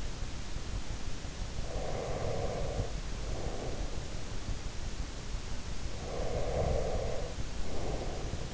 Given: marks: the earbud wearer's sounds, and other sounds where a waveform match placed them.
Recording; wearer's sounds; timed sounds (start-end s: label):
sounds in sleep by an in-ear microphone; breath
1.55-4.33 s: breath
5.96-8.54 s: breath